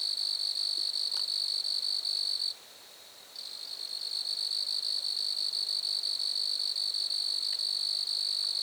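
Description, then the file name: Grasshopper trill, steady shrill buzzing interrupted by a short silence, then restarting and continuing evenly. Grasshoppers recorded at Lac-à-François, Montcerf-Lytton, Quebec, Canada. "criquets-grasshoppers- -lac-acc 80-franccca 7 ois-montcerf-lytton-quecc 81 bec-canada"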